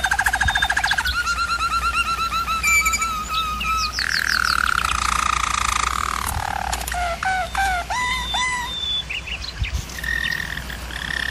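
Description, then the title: German Roller canary song: rapid rolls giving way to gliding, warbled notes and soft chirping phrases, delivered continuously. Singing used for canary training. "German Roller Canary Singing - Canary Training Vid"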